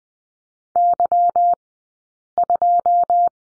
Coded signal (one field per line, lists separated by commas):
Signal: Morse code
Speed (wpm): 20 wpm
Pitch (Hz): 700 Hz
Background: none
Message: Y2